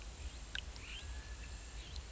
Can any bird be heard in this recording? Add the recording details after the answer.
no. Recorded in pastures near Puerto Asís, Putumayo, Colombia, on 22 December 2024 at 09:00. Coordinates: 0.486, -76.323. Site GP01